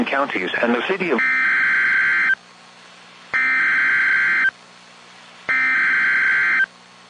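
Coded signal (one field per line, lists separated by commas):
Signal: Emergency Alert System (SAME) tones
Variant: header bursts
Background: speech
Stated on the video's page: Flash flood warning SAME tones relayed by NOAA Weather Radio station.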